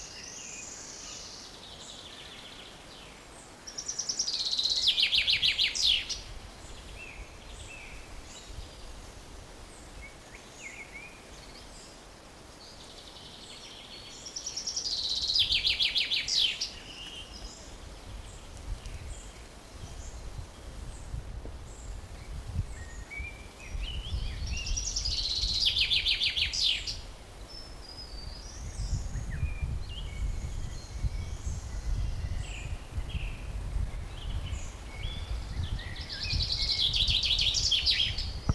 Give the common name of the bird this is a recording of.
Common Chaffinch